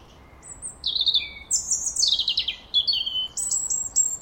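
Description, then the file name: European robin song: a run of thin, high, tinkling notes and quick descending trills, shifting pitch between phrases, over a quiet background. "Erithacus rubecula"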